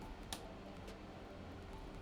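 A second CPU power cable plug is pressed into its motherboard header and seats with a single sharp click at 0.3 s, during a gaming PC build. The rest of the clip is only low background noise with no talking.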